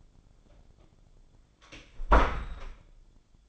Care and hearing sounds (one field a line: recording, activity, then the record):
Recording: daily activity, microphone in the room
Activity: close door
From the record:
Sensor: 5